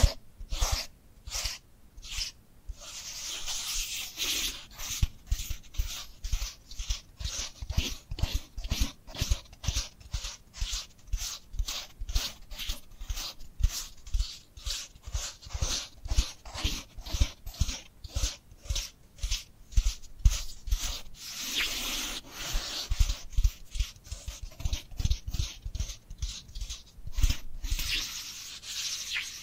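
Dry hands rub and pat against each other in a fast, irregular stream of short scratchy strokes that runs the whole half minute. Longer hissing rubs surge up around 3 to 5 seconds, near 22 seconds and again at the end.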